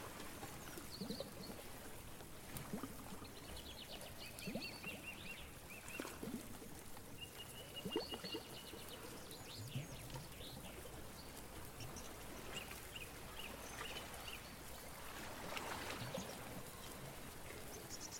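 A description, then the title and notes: A busy outdoor scene by the sea, with a steady rushing wash underneath and scattered knocks and thumps. Thin, high bird calls and chime-like ringing tones come and go through the middle, while a fuller swell of noise rises near the end. A day at the beach, with birds, chimes, bells.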